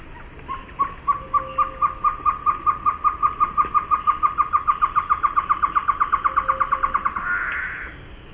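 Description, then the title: Bird song: a long, even series of about forty clear notes near one pitch, ending in a brief burst, over steady background hum. "LuckyPassaro Completos2Sama"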